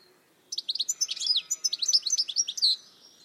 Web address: cianscape birddata Deverinetal 2025 Bird Only Ca Ca Ca Ca